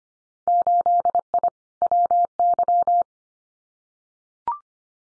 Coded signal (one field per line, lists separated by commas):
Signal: Morse code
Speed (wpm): 25 wpm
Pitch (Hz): 700 Hz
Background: none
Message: 8I WY